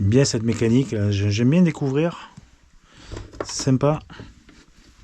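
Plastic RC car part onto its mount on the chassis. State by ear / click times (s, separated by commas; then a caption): not seated / none. A plastic part of a Losi Super Rock Rey RC rock racer is handled during reassembly, about to be pressed onto its mount on the chassis. Someone talks for the first two seconds, then a few faint, brief handling ticks follow amid more talk. Nothing has seated or clicked into place yet.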